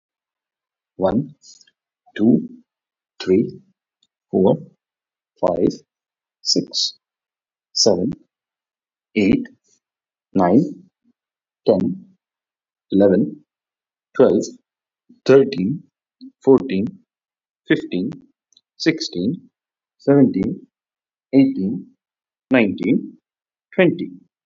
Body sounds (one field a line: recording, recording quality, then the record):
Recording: counting at a normal pace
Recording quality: excellent, no background noise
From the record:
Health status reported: COVID-19 positive, mild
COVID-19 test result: positive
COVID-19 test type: RT-PCR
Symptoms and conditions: cough, cold, fever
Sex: male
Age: 25 years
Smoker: yes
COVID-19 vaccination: both doses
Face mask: not worn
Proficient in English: yes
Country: India